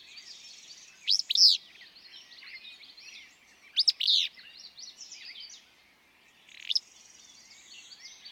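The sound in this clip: Willow flycatcher giving explosive, buzzy songs about every three seconds, with other songbirds chirping throughout.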